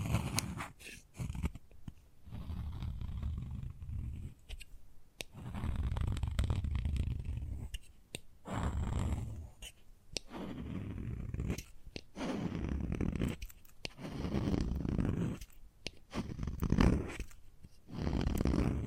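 Chalk scrapes and grinds in repeated strokes lasting a second or two each, with a low, gritty rasp. Sharp taps and clicks punctuate the brief pauses between strokes, and the rhythm stays fairly steady throughout.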